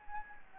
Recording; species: mosquito wingbeat signal from an infrared sensor; Anopheles gambiae